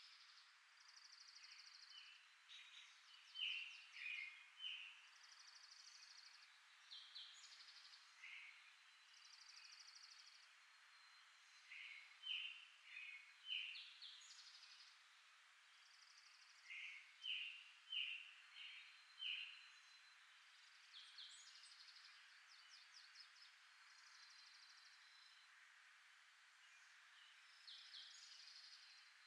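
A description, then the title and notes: A forest morning filled with overlapping birdsong, several birds calling at once in quick chirps, trills and whistled notes throughout. The calls are bright and high, with brief louder bursts every few seconds over a soft steady hiss and no low sounds. Ambient Forest Morning. Recorded June 2020.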